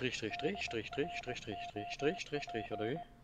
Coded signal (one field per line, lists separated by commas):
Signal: Morse code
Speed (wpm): 20 wpm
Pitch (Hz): 700 Hz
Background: speech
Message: DROP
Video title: Rätsel: Der Morsecode - Secret World Legends #022 [DEUTSCH–GERMAN/HD/PC]